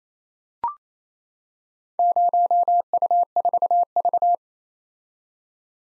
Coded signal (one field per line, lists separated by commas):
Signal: Morse code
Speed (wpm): 28 wpm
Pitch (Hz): 700 Hz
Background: none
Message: 0U4V